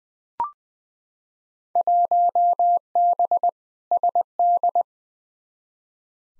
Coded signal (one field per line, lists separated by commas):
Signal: Morse code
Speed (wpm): 21 wpm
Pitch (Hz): 700 Hz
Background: none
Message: 1B SD